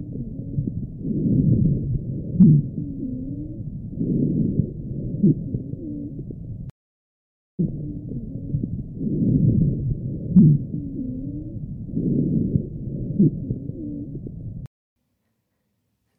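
Adult lungs heard by stethoscope: expiratory wheeze, a whistling sound produced as air is actively forced out, with expiration lasting longer than normal passive expiration.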